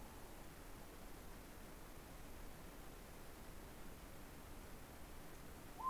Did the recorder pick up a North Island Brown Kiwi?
no